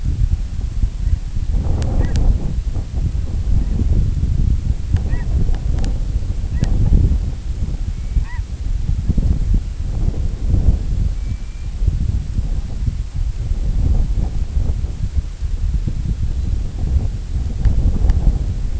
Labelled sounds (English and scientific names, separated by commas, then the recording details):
unidentified sound, American Golden-plover (Pluvialis dominica)
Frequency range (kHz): American Golden-plover (Pluvialis dominica) 2.0-2.6 kHz
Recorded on Arctic tundra, site IGLO-D, on 25 June 2018
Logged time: 02:00